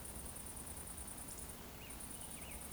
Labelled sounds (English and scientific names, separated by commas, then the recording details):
Eurasian Woodcock (Scolopax rusticola) whistle
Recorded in Baden-Württemberg, Germany, on 25 June 2020 at 19:57 UTC
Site 14569, 102 m above sea level